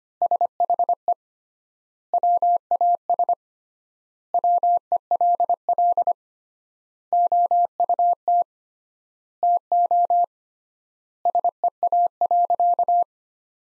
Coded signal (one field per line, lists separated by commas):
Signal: Morse code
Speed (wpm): 25 wpm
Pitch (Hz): 700 Hz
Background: none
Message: SHE WAS WELL OUT TO SEA.